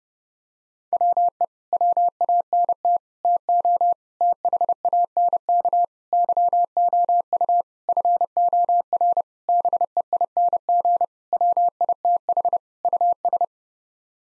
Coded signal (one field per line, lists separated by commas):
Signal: Morse code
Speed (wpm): 30 wpm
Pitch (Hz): 700 Hz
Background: none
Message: WE WANT TO THANK YOU FOR BEING WITH US